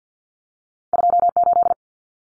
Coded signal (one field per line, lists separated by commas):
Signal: Morse code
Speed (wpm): 48 wpm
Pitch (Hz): 700 Hz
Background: none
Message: 28